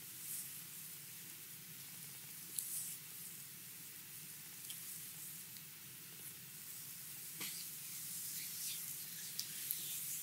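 A Hawaiian lomi lomi massage, heard as a steady, bright, sizzling hiss that barely changes across the ten seconds, over a soft low hum. Faint clicks and taps break through now and then, most clearly near 2.5, 7.5 and 9.5 seconds.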